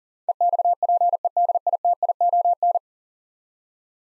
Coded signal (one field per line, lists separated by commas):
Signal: Morse code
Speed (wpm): 41 wpm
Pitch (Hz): 700 Hz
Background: none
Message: EXPEDITION